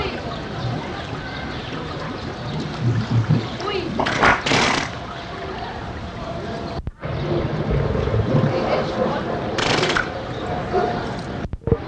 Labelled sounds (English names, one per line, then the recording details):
Harbor Seal
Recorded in captivity
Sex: male
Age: adult
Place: Zoo Berlin, Berlin, DE
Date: 1985-08-01 10:14
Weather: overcast, 17°C
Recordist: Tembrock, Günter